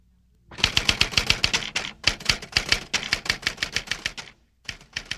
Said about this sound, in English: Listen, is this a typewriter? Yes. Yes, it is.